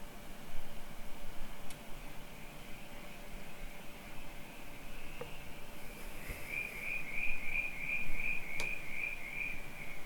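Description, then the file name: Crickets humming softly before a run of rapid, evenly repeated high chirps in the second half, with a few sharp clicks and low rumble. Crickets at night on a rural property. "Night Crickets Ambience on Rural Property"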